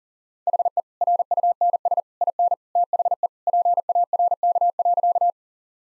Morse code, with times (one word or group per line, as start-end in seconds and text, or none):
0.5-0.8 HE
1.0-2.0 RUNS
2.2-2.5 IN
2.8-3.3 THE
3.5-5.3 PARK.